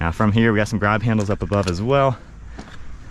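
Someone talks while handling the rear hatch of a 2024 Honda Civic Type R by its grab handles, about to pull it down and close it into its body latch. After the talking stops around 2.1 s, only faint low background noise remains. The hatch has not latched or clicked shut yet.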